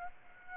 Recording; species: mosquito wingbeat signal from an infrared sensor; Aedes aegypti